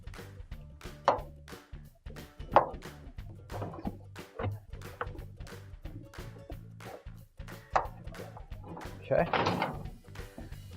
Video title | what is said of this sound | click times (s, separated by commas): WH41X369 - Replacing Your GE Washer's Flood Hose - AP2046588, PS272187 | Just going to push that tab down, lock it in place. | 1.1 s, 2.6 s, 5.0 s, 7.8 s